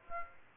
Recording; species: mosquito wingbeat signal from an infrared sensor; Aedes aegypti